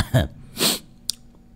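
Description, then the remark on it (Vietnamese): Two quick, raspy coughs a fraction of a second apart, brought on by cold air conditioning, followed by a short sharp click, with no talking around them. “Tự nhiên ho quá. Điều hòa lạnh.”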